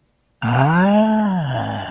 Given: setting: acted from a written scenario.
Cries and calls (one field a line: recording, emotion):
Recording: vocal sound without words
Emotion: interest